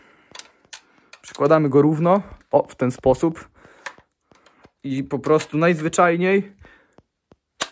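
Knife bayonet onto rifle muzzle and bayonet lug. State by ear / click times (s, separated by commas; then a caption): seated / 7.6 s. Someone talks while a knife bayonet is lined up and slid onto the guides, bayonet lug and muzzle of a deactivated AK-type (AKM) rifle, with a few faint metallic taps and scrapes along the way. At 7.6 s the bayonet locks onto the rifle with a single sharp metal click, seating it.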